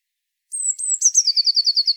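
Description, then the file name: Eurasian blue tit singing: two thin high notes followed by a rapid trill of clear repeated notes, still going as the recording stops. "Cyanistes caeruleus"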